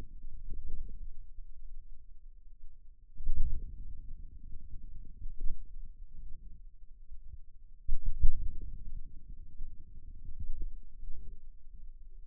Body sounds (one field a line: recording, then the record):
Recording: forearm muscle sounds (acoustic myography)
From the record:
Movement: outward rotation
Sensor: system 2, bracelet of six BSWA MPA416 microphones around the upper forearm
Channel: 2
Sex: male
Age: 22 years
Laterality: right